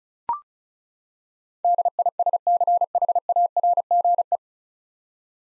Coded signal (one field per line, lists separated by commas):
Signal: Morse code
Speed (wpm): 36 wpm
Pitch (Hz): 700 Hz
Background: none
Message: DISCHARGE